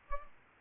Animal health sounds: mosquito wingbeat signal from an infrared sensor; Culex pipiens

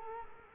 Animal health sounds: mosquito wingbeat signal from an infrared sensor; Culex quinquefasciatus

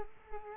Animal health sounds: mosquito wingbeat signal from an infrared sensor; Culex quinquefasciatus

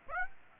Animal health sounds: mosquito wingbeat signal from an infrared sensor; Aedes aegypti

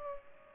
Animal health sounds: mosquito wingbeat signal from an infrared sensor; Culex pipiens

